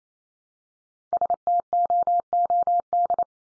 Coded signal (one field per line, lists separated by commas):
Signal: Morse code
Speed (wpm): 28 wpm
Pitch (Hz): 700 Hz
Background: none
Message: STOOD